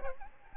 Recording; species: mosquito wingbeat signal from an infrared sensor; Aedes albopictus